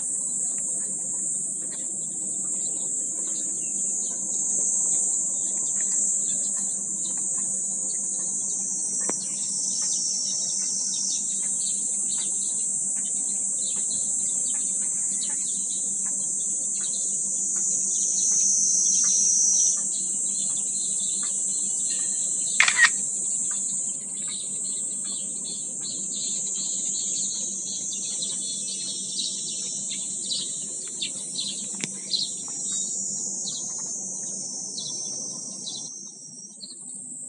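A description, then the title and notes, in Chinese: Morning outdoors with birds calling, though the scene is dominated by a dense, steady high-pitched insect drone running the whole time. Faint low hum sits underneath, and a few brief clicks or chirps stand out, the sharpest near the 23-second mark. 清凉的晨风鸟叫。莫如早出来吹吹凉风，听听鸟叫。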